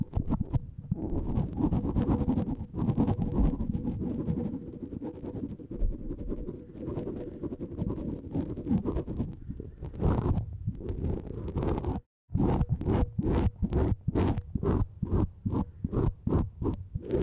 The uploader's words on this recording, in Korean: 마이크를 팁브러시로 슥슥 ASMR (feat. 라텍스장갑, no talking).